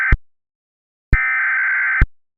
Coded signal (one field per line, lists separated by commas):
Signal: Emergency Alert System (SAME) tones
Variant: header bursts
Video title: Unknown Enemy (An EAS Scenario)